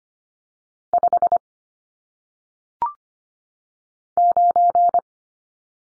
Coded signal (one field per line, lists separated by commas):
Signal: Morse code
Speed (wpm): 25 wpm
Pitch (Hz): 700 Hz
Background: none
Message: 5 9